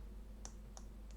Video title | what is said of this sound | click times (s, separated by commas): iPhone 8 battery and display replacement - part 2 of 2 | two clicks so that's mean I'm happy | 0.4 s, 0.8 s